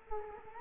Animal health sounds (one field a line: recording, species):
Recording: mosquito wingbeat signal from an infrared sensor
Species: Culex quinquefasciatus